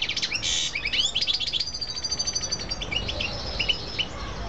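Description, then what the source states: Canary song opening with a loud buzzy roll, then quick chirps and a fast trill, easing into sparser high notes and short whistles. Female.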